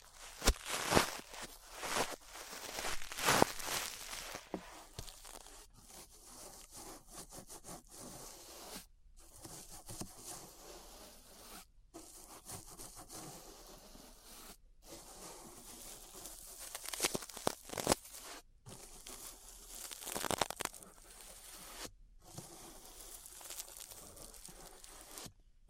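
Ear brushing makes dense, scratchy rubbing strokes with bright bursts near the start and around 17–21 seconds, broken by several brief silent gaps.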